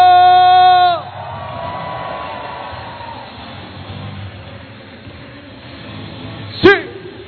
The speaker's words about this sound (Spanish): ¡Ese grito de júbilo!